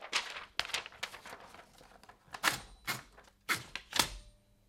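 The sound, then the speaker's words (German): Clacking keystrokes from an old manual typewriter, struck in uneven bursts with sharp, bright metallic hits and a few heavier thunks, no voices present. “Sonate für eine ältere Schreibmaschine.”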